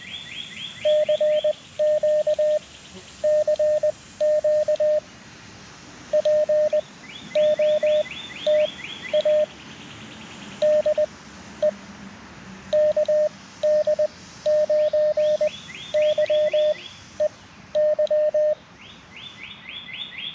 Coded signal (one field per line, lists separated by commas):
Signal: Morse code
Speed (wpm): 20 wpm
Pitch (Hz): 610 Hz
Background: none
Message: CQ CQ POTA DE KD9YEY